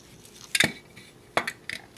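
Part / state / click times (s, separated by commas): plastic part into an RC car chassis / not seated / none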